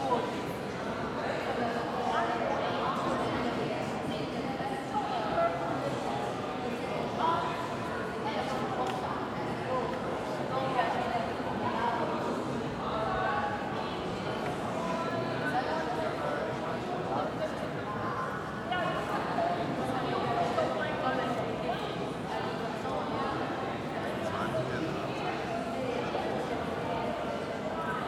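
Inside a busy museum hall, many voices overlap into a steady, dense murmur of conversation that never drops away across the whole stretch. Occasional louder words and footsteps rise briefly above the crowd, and the sound carries a roomy, echoing quality.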